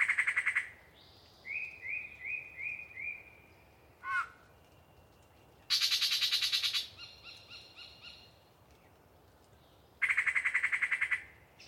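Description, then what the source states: Yellow-breasted chat song: harsh chattering bursts, a short series of whistled notes, a twisting call and a run of quick repeated notes, separated by brief pauses. Pre-dawn, a particularly chatty bird giving a long soliloquy from deciduous cover.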